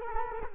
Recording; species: mosquito wingbeat signal from an infrared sensor; Culex quinquefasciatus